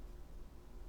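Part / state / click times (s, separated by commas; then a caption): fold-over deployant clasp closing on a watch strap / not seated / none. The fold-over deployant clasp on the strap of an F.P. Journe Elegante 40 Titalyt watch is handled as it is pushed toward closing. Only a steady low, noisy background is heard, with no sharp transients. Nothing has seated or clicked shut yet.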